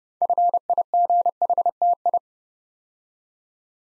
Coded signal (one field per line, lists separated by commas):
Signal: Morse code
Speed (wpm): 30 wpm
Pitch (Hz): 700 Hz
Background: none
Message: FIGHTI